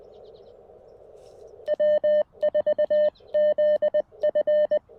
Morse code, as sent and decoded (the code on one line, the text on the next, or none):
.-- ....- --.. ..-.
W4ZF